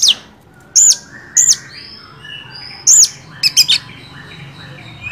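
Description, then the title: Oriental magpie-robin song with sparse, loud, high whistled notes at irregular intervals, separated by quieter softer phrases. First-place champion (juara) song, used to train other songbirds (masteran). "Masteran Kacer Juara"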